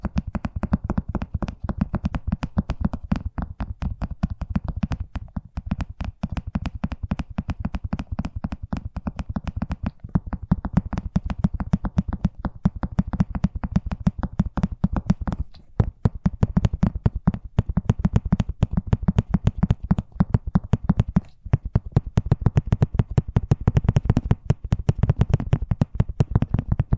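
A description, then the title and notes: Fast tapping runs continuously for the whole stretch, a dense, rapid stream of sharp clicks with a strong low thud under each one. The pace stays even, with only brief dips around sixteen and twenty-one seconds before it resumes. ASMR Braingasm Inducing Fast Tapping (No Talking).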